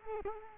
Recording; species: mosquito wingbeat signal from an infrared sensor; Culex quinquefasciatus